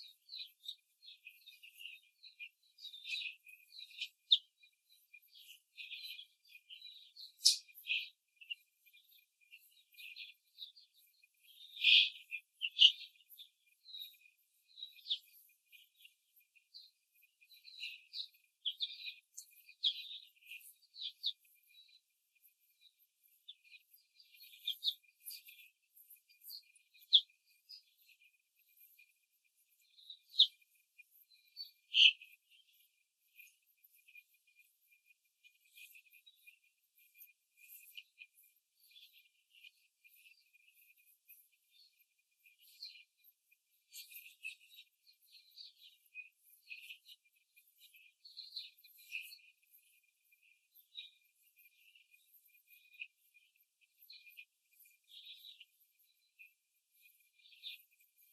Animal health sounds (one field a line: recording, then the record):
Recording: young laying hens in a cage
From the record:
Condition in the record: control cage, before the stress test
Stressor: none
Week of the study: 4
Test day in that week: 1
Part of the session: 1